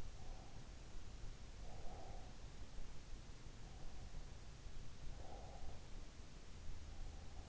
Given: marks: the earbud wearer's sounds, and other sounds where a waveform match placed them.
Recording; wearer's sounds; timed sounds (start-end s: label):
sounds in sleep by an in-ear microphone; breath
0.17-3.07 s: breath
4.65-6.10 s: breath